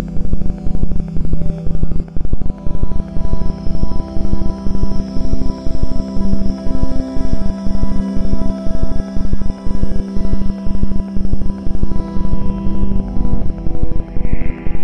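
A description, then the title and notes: Binaural beats play as a steady low drone with sustained tones near the bottom, a faint high whine, and rapid regular pulsing throughout. Binaural Beats mit 4-6 Hz.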